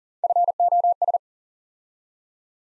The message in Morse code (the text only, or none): FOS